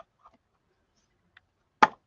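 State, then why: Seated. A snap clasp fitted through a punched hole in a handmade paper gift box is pressed closed to test it. After faint handling sounds near 0.3 and 1.4 s, it snaps shut with one sharp click at 1.8 s, showing the hole is good.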